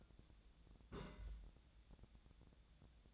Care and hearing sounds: daily activity, microphone in the room; place on stove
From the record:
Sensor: 3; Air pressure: 1000.0 hPa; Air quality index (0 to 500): 125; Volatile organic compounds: 2 ppm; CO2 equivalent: 1125 ppm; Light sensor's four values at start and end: 40/102/44/48 and 40/101/43/48

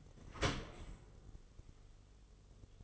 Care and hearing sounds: daily activity, microphone in the room; open dishwasher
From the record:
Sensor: 4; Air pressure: 1015.8 hPa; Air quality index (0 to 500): 106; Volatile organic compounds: 2 ppm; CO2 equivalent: 1189 ppm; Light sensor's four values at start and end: 9/19/7/7 and 8/18/7/7

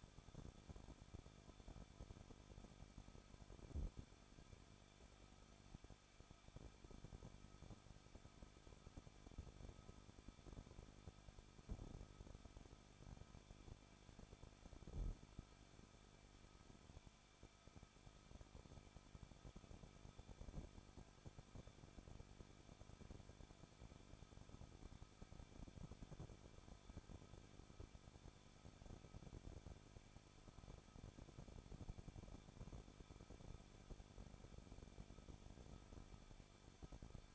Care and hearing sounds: daily activity, microphone in the room; no activity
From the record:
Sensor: 5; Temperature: 20.8 degrees Celsius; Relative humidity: 38.4%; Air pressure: 1006.5 hPa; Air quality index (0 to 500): 189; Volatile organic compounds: 20 ppm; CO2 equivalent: 2674 ppm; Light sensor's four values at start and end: 2/3/1/1 and 2/3/1/1

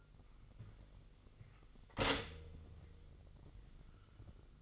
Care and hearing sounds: daily activity, microphone in the room; stop toaster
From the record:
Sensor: 4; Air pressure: 1002.8 hPa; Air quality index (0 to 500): 235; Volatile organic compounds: 16 ppm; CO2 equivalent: 2550 ppm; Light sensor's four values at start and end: 21/74/27/27 and 21/73/27/27

